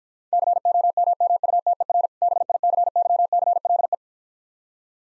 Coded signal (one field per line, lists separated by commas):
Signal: Morse code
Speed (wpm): 55 wpm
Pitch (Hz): 700 Hz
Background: none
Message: COMMUTER BICYCLE